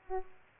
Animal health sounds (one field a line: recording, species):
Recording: mosquito wingbeat signal from an infrared sensor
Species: Aedes aegypti